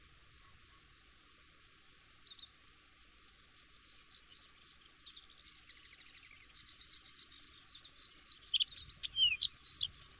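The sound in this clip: Bluethroat singing a long series of ringing high notes repeated about three times a second, later mixed with twisting whistles and buzzes.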